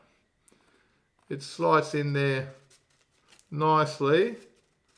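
The upper section of a two-piece Shimano Aerowave 12' beach fishing rod is slid into the lower butt section at the ferrule joint while someone talks, with a couple of faint ticks around 0.5 s and 3.4 s. Nothing has seated or locked in yet by the end of the clip.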